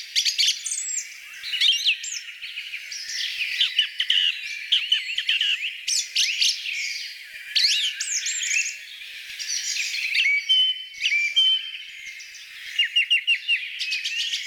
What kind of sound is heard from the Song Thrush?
song